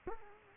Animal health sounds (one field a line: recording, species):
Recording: mosquito wingbeat signal from an infrared sensor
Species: Culex quinquefasciatus